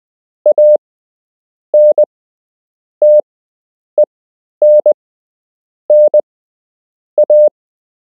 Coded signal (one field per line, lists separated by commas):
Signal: Morse code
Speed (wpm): 20 wpm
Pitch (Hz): 600 Hz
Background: none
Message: ANTENNA